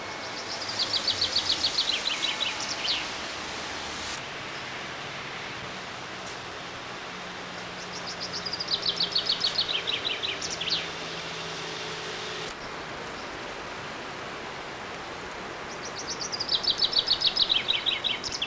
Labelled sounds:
Common Chaffinch song

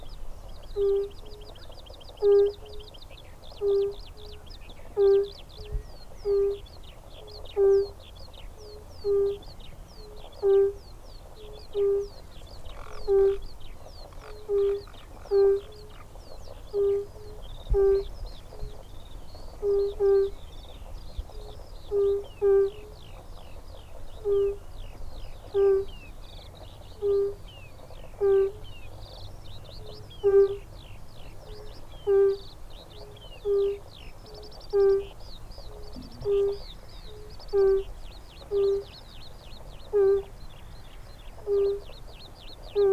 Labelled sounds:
Fire-Bellied Toad call

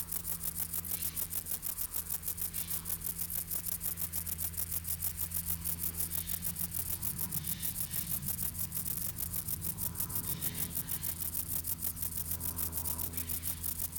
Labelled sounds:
Stripe-winged Grasshopper stridulation

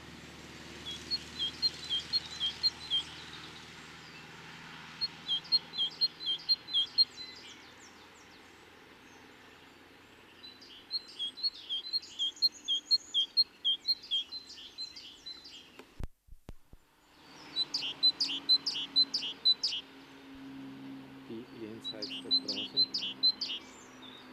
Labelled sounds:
Great Tit call

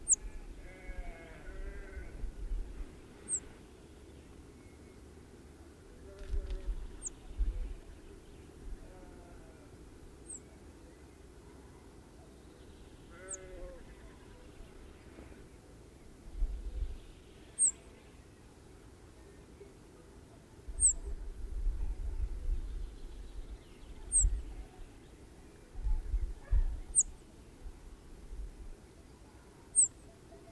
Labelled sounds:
Rock Bunting call

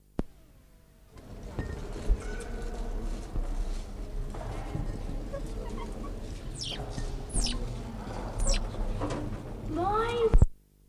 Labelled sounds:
Banded Mongoose call

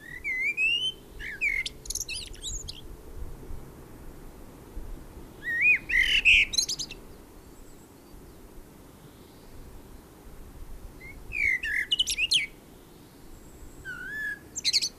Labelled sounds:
Common Blackbird song

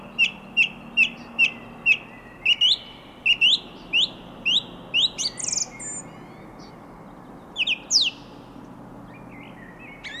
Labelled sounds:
Song Thrush song

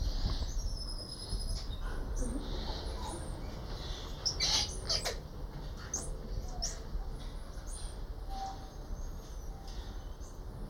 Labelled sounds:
Common Squirrel Monkey call

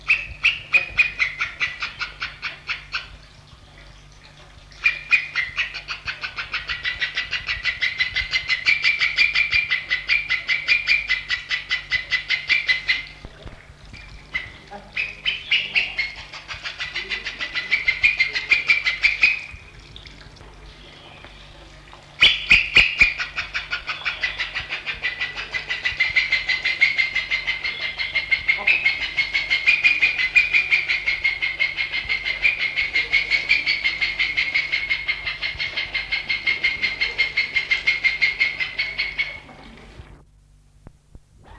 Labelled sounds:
Raja Shelduck call

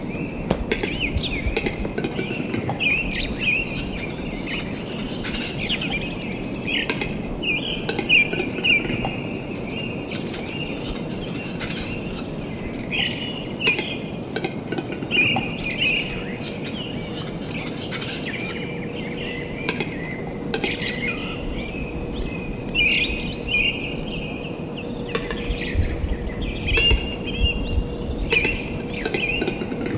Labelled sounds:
Western Capercaillie

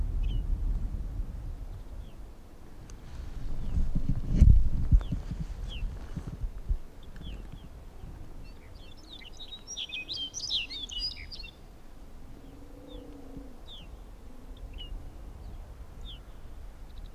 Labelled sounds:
Arctic Fox

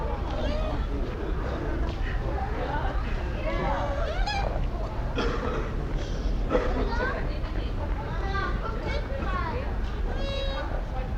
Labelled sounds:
Bush Dog

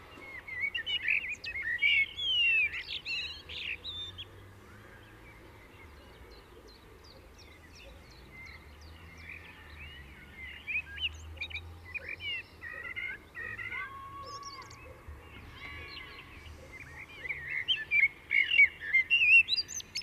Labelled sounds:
Common Blackbird song

